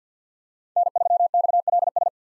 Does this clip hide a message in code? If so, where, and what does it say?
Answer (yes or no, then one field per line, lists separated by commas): yes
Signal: Morse code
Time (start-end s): 0.8-2.1 s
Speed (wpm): 50 wpm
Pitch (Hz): 700 Hz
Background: none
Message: N3XLS